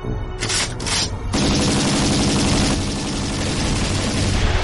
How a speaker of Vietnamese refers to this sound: Xe đằng trước bỏ rời họ một đoạn dài, rất nhanh nghe được tiếng hai bên bắn nhau.